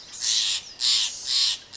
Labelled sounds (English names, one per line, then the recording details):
Steller's Jay
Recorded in Sonoma County, California